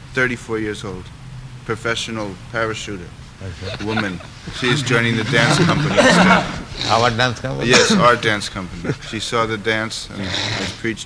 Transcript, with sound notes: Thirty-four years old, professional parachuter woman, she is joining the dance company. [laughter]
Our dance company?
Yes, our dance company. She saw the dance, and I preached to her.